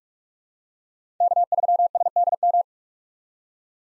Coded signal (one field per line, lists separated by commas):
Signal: Morse code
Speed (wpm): 46 wpm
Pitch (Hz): 700 Hz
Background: none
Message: K3SDM